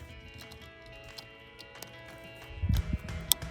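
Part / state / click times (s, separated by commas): third brake light harness plug into the vehicle wiring connector / seated / 3.3 s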